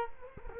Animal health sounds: mosquito wingbeat signal from an infrared sensor; Culex quinquefasciatus

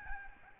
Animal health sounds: mosquito wingbeat signal from an infrared sensor; Aedes albopictus

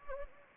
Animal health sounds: mosquito wingbeat signal from an infrared sensor; Anopheles gambiae

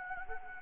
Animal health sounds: mosquito wingbeat signal from an infrared sensor; Anopheles gambiae

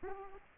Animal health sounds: mosquito wingbeat signal from an infrared sensor; Aedes aegypti

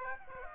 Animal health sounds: mosquito wingbeat signal from an infrared sensor; Aedes aegypti

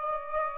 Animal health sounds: mosquito wingbeat signal from an infrared sensor; Aedes aegypti

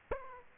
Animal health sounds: mosquito wingbeat signal from an infrared sensor; Aedes aegypti

